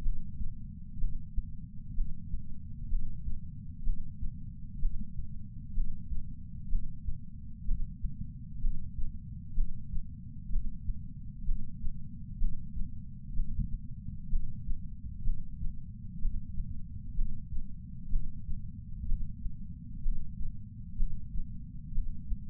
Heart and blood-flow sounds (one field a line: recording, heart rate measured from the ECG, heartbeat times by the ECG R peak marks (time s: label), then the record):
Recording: heart sounds by patch sensor on the chest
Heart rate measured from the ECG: 63 bpm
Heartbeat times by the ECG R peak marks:
0.03 s: heartbeat
0.99 s: heartbeat
1.95 s: heartbeat
2.89 s: heartbeat
3.84 s: heartbeat
4.80 s: heartbeat
5.74 s: heartbeat
6.69 s: heartbeat
7.66 s: heartbeat
8.61 s: heartbeat
9.55 s: heartbeat
10.50 s: heartbeat
11.45 s: heartbeat
12.39 s: heartbeat
13.34 s: heartbeat
14.30 s: heartbeat
15.24 s: heartbeat
16.20 s: heartbeat
17.15 s: heartbeat
18.10 s: heartbeat
19.07 s: heartbeat
20.02 s: heartbeat
20.97 s: heartbeat
21.93 s: heartbeat
From the record:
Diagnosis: coronary artery disease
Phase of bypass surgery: preoperative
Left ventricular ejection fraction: 36.6%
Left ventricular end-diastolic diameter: 43 mm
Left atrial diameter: 33 mm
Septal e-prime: 3.9 cm/s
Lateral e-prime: 8 cm/s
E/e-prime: 10.3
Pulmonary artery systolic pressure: 22 mmHg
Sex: female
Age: 80 years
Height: 150 cm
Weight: 49 kg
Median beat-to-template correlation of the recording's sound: 0.90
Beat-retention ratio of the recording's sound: 0.98